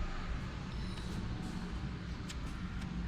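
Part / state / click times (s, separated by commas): furry windscreen onto wireless microphone transmitter / not seated / none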